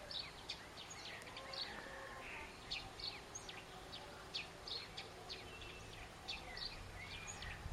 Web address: cianscape birddata Deverinetal 2025 Bird Only Co Pa